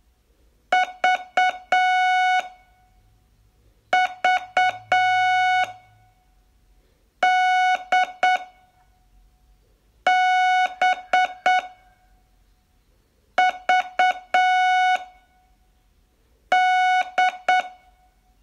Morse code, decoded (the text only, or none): V V D B V D